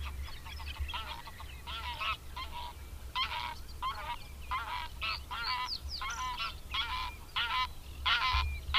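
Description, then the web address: Greylag goose calling: a rapid run of coarse nasal honks and cackles with a constant low rumble underneath. "Madardalok Cd 3. Nyári lúd"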